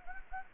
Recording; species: mosquito wingbeat signal from an infrared sensor; Anopheles gambiae